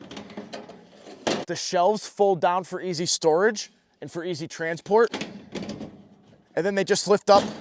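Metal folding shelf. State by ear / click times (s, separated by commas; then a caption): not seated / none. Someone talks while handling the folding side shelf of a portable gas grill, which folds down for storage and transport and lifts up into its locked raised position. Faint knocks and one sharp thunk at 1.3 s are heard under the talking. Nothing has seated or clicked yet; the clip ends before the shelf locks into place.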